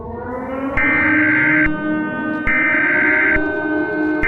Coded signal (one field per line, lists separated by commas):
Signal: Emergency Alert System (SAME) tones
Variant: header bursts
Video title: EAS Scenario #9: A Burning Memory